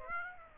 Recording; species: mosquito wingbeat signal from an infrared sensor; Aedes aegypti